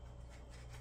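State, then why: Not seated. A 4-foot T8 LED shop light's frame is handled as it is pressed toward its spring mounting clips, giving a steady, low rubbing noise over a constant low hum with no sharp hits. Nothing has seated or clicked into place yet.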